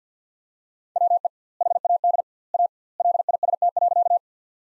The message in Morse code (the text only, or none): WE HAD A LIST.